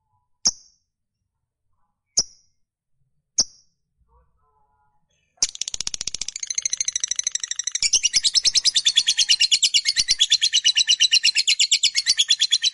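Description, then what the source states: Lovebird with three spaced sharp chirps, then a long, fast, harsh high-pitched chatter running on for about seven seconds. Fighter-type lovebird giving long chatter (ngekek panjang).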